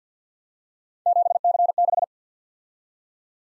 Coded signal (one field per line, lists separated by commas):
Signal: Morse code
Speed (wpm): 52 wpm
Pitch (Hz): 700 Hz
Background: none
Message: 7C6